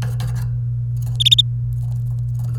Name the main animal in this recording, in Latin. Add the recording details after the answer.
Serinus canaria. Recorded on 29 April 2018 at 16:38. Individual llb3